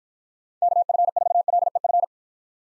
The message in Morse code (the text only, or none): KF4LEF